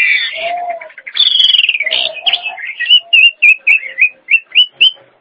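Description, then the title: Nias hill myna song: mixed whistles and a descending slurred phrase, then a steady string of short, evenly spaced whistled notes. "Jalak Nias"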